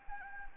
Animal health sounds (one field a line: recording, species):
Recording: mosquito wingbeat signal from an infrared sensor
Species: Anopheles arabiensis